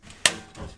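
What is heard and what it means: A metal I/O shield is pushed in from inside a PC case into the rear frame opening, and its corner snaps into place with a single sharp, bright click at 0.3 s that decays quickly over a quiet background, followed by a faint low rustle. The corner is seated.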